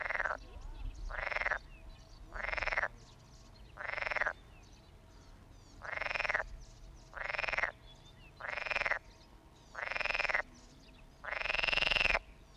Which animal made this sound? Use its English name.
Edible Frog